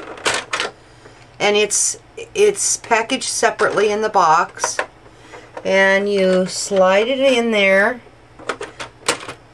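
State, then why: Seated. A separately packaged plastic cutter attachment is slid into its slot on a Xyron 900 sticker maker and laminator while someone talks. It clicks into place at 9.1 s and stays put, seated.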